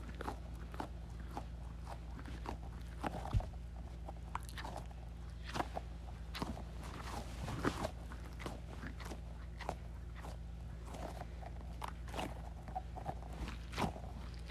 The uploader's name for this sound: Squeezing Squishy Ball